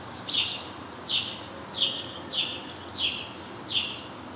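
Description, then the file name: House sparrow calling with six loud, slightly downslurred chirps spaced about two-thirds of a second apart, against low steady hiss. "Passer domesticus"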